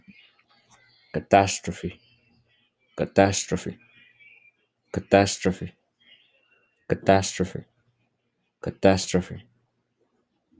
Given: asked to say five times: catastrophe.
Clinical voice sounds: repeated word; male; 20 to 29 years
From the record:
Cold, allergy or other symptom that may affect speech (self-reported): no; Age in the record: 23 years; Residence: Texas, United States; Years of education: 14

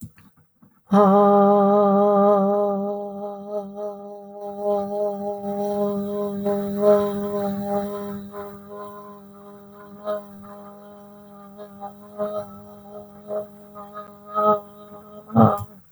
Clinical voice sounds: vowel held as long as possible; female; 40 to 49 years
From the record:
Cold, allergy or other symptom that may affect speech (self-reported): no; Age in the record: 40 years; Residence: United States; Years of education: 14

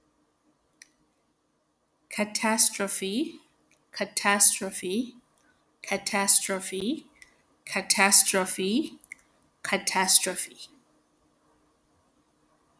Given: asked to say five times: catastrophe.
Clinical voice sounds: repeated word; female; 30 to 39 years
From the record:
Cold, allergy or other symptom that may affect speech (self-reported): no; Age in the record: 35 years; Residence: Texas, United States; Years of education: 18

